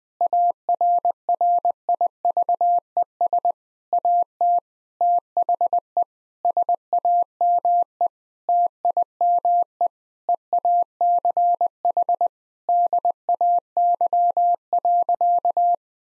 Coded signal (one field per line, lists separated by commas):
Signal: Morse code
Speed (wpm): 20 wpm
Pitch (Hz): 700 Hz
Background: none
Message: ARRIVES AT THE SAME TIME EACH DAY.